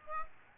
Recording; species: mosquito wingbeat signal from an infrared sensor; Aedes aegypti